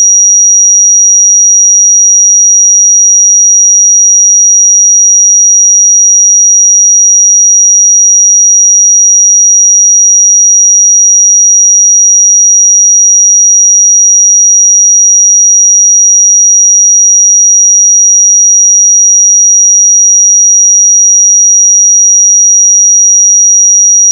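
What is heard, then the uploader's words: A pure sine tone at 5751 Hz holds perfectly steady for the full length, a single thin, high, piercing whistle. Its loudness never changes, and there is no other sound beneath it, just the one unwavering pitch from start to finish. 5751 Hz 1 Hz Interval Sine Pure Tone Frequency 441000 Sample Mono.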